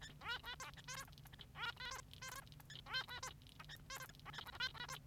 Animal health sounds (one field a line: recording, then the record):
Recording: song of a male Bengalese finch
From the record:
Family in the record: son of father 3